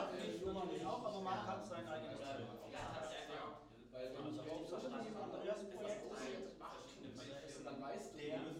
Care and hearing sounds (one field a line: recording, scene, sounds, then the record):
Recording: everyday scene through a hearing-aid microphone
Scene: many people talking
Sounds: many voices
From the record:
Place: bistro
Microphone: in the ear canal, left